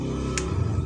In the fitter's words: bunyi juga sama gitu